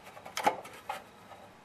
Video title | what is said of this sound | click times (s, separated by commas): Choke, Throttle & Governor Linkage Configuration on Briggs & Stratton 4-5Hp Engines | here's what I mean by that it just pops right in there | 0.4 s